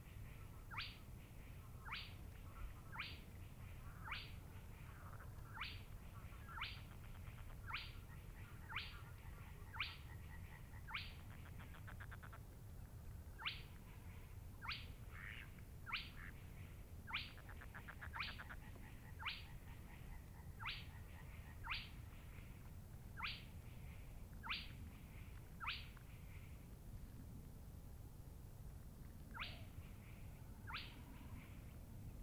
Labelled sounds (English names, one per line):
Spotted Crake